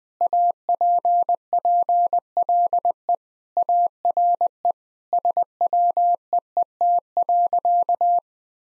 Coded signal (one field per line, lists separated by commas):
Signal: Morse code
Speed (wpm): 20 wpm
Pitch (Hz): 700 Hz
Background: none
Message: APPLE ARE SWEET.